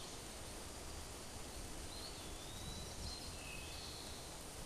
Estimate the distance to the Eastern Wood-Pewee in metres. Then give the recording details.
about 55 m. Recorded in a Pennsylvania forest on 17 May 2023 at 13:22. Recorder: AudioMoth, point grid1_28_low. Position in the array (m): 56 m, 124 m